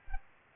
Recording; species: mosquito wingbeat signal from an infrared sensor; Aedes aegypti